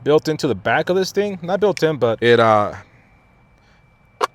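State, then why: Seated. A man talks for most of the clip, then, after a short quiet pause, a detachable OBD2 reader module is pressed into its recess on the back of a handheld scan tool, where a magnet holds it. It snaps into place with one sharp click at 4.2 s.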